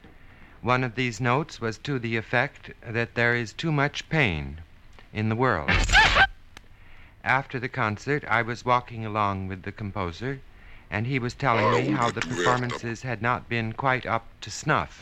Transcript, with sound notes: One of these notes was to the effect that there is too much pain in the world.
(SOUNDBITE OF RECORD SCRATCH)
After the concert I was walking along with the composer and he was telling me how...
(SOUNDBITE OF RECORD)
...the performances had not been quite up to snuff.